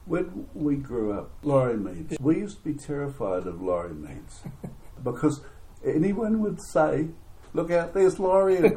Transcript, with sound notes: When we grew up – Laurie Meads – we used to be terrified of Laurie Meads. [Chuckle] Because anyone would say “look out, there’s Laurie!”